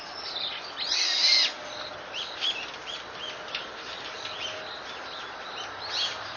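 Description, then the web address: Bird calls: a loud, harsh burst of sound near the start, followed by scattered short, high chirps over steady background noise. Recorded on 23 October 2013. "itoshikimono SOB TORINOKOE 20131023"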